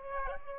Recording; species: mosquito wingbeat signal from an infrared sensor; Aedes aegypti